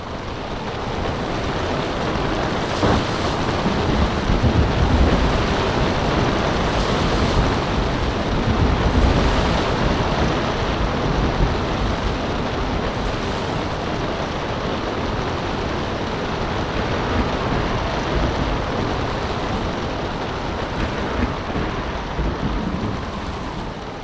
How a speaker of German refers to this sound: Der Regen mimt die Fäden der Spinnen, die im Herbst die Luft durchziehen. Es stürmt.